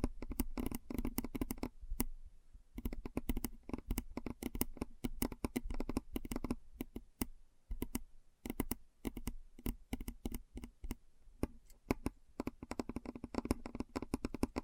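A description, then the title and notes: Keyboard keys clatter in quick, uneven bursts with brief pauses, crisp, with a low background hum. ASMR Keyboard Sounds (No Talking).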